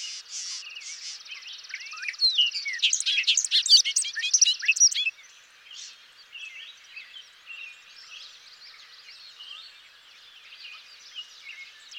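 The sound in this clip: Bobolink song, a rapid bubbling jumble of tinkling, metallic notes for about five seconds, followed by softer, scattered twittering fragments.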